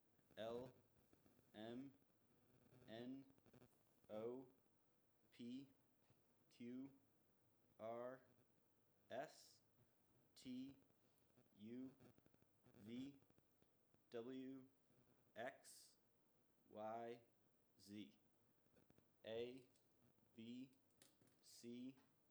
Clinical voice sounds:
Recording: letters of the alphabet, spoken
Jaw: free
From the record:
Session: first day, before the bite bar

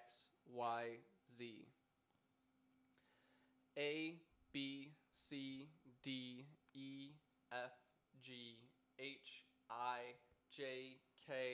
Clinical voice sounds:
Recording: letters of the alphabet, spoken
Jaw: free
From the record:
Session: first day, before the bite bar

